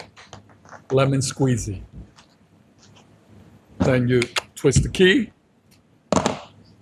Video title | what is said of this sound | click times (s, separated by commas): The Speed on This Water Filter is Insane - ARKA 3800! | Nice and locked in place. | 6.2 s, 6.3 s